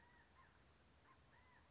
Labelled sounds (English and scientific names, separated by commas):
California Quail (Callipepla californica)